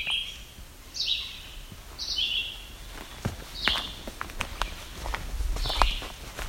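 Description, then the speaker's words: Yellow-bellied sapsucker giving a few squeaky mewing calls, with footsteps and rustling noises underneath. A squeaky call likened to a rubber toy or squeegee toy. "Sounds kind of like a rubber toy. That is yellow-bellied sapsucker."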